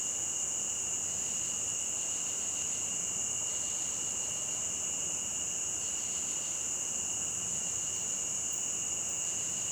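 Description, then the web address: Crickets trilling in a steady high-pitched continuous chorus with a faint pulsing layer, over soft constant rushing hiss throughout. Crickets near a stream; ambience. "Adobe CC animals Animal Ambience Crickets Near A Stream"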